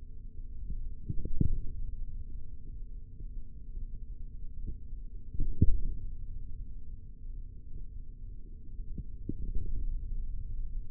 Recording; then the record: forearm muscle sounds (acoustic myography)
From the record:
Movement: hand opening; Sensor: system 3, bracelet of six PUI Audio POM-2738L microphones around the upper forearm, with dedicated amplification and filtering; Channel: 3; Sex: male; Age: 43 years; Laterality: right